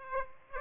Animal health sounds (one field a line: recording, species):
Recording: mosquito wingbeat signal from an infrared sensor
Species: Aedes aegypti